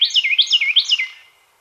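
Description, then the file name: Carolina wren singing a short, fast run of repeated, bright, swooping whistled phrases that quickly fade out. "Carolina Wren Thryothorus ludovicianus"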